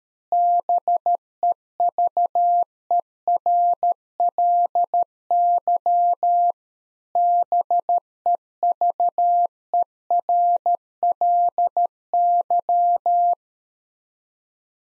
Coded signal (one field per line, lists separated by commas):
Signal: Morse code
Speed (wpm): 13 wpm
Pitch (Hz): 700 Hz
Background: none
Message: BEVERLY BEVERLY